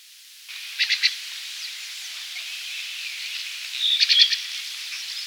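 White-collared blackbird giving quick clusters of sharp, high clicking notes, one short burst early and another near the end, over steady hiss.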